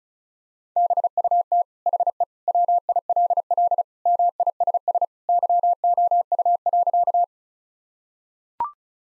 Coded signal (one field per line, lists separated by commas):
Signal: Morse code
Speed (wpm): 36 wpm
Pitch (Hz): 700 Hz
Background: none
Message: BUT HE WILL MISS YOU.